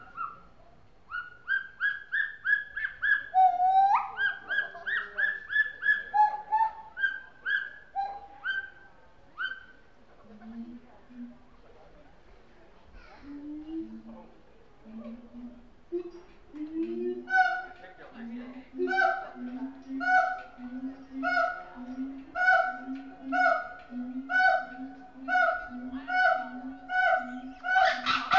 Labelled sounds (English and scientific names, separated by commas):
Pileated Gibbon (Hylobates pileatus)